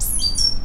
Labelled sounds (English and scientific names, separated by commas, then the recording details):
Stitchbird (Notiomystis cincta) song
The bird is a male
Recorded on Tiritiri Matangi Island, New Zealand, in 2005
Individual 2, of nest box 2